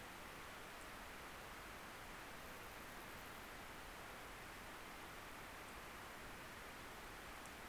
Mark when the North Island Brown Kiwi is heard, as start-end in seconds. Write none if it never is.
none